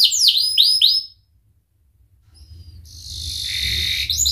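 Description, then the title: Canary giving three quick swooping downslurred notes, a silence, then a buzzy trill that grows louder. Indonesian kicaumania songbird hobby; canary described as gacor (singing energetically) with its best cengkok (song ornamentation) and richest isian (fill-in phrases). "Kenari Gacor Cengkok Terbaik Isian Paling Mewah Kenarigacor Kicaumania Kenari"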